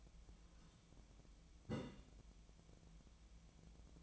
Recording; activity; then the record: daily activity, microphone in the room; take from stove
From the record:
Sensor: 1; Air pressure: 1010.0 hPa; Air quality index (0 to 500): 187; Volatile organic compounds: 17 ppm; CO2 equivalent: 2568 ppm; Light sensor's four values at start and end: 37/95/39/48 and 37/94/39/48